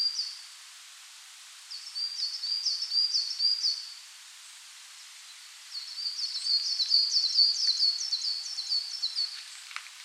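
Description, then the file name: Coal tit song, high thin two-note phrases repeated rapidly in bouts separated by short pauses. "Parus ater"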